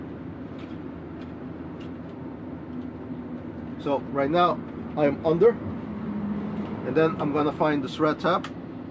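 Under an EMS stretcher's undercarriage, a hand reaches for the red tab on the hook latch of a Stryker Rugged Defibrillator Platform mount, over a steady low background hum while someone talks. Nothing has seated or clicked yet; the clip ends just before the latch goes home.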